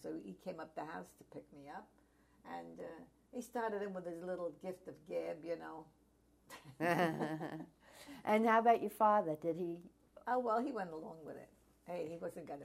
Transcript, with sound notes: So he came up to the house to pick me up, and he started in with his little gift of gab you know.
(Both laugh) And how about your father, did he?
Oh well he went along with it, he wasn't going to be...